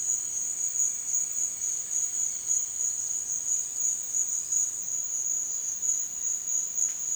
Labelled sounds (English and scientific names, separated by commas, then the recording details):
none
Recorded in dense forest near Puerto Asís, Putumayo, Colombia, on 25 June 2025 at 12:00
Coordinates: 0.468, -76.322
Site GP03